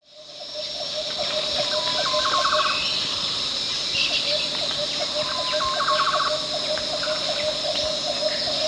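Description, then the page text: Green Broadbill calling: a level note leading into a quick bubbly trill, heard twice, over a loud continuous insect drone. At Danum, Borneo, 1 July 2008. "Sound of Green Broadbill at Danum"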